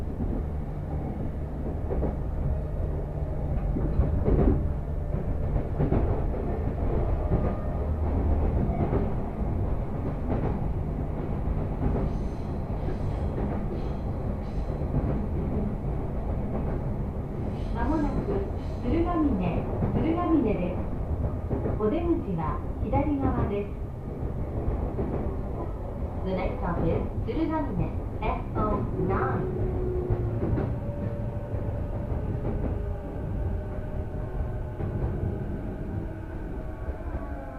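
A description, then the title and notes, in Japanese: A train ride on the Sotetsu through line toward Futamata-gawa: a steady low rumble of the moving train fills all 38 seconds. Over it, voices and announcements come and go, busiest from about 17 to 32 seconds, with a brief tone near 30 seconds. 耳で楽しむ鉄道旅 武蔵小杉→二俣川→大和。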